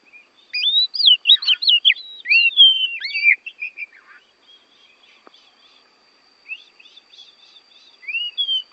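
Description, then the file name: Oriental magpie-robin singing a run of rich, swooping whistles for about three seconds, then a soft pause and a few more whistled notes. Borneo form; a recording used for training songbirds (masteran). "kacer borneo"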